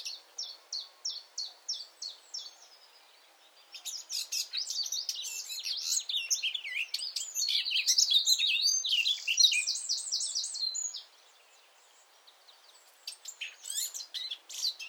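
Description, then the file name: Eurasian blackcap giving a run of evenly repeated high chips, then a loud, jumbled warble lasting several seconds, a pause, and more chips. "Sylvia atricapilla"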